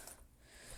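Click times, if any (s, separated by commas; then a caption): none. A snap fastener on the grenade-retaining strap of an M56 LBE grenade pouch is pressed into the pouch's eyelet. Only faint low background noise and a brief soft bump near 0.1 s are heard, and the snap has not clicked shut yet.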